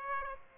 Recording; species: mosquito wingbeat signal from an infrared sensor; Aedes aegypti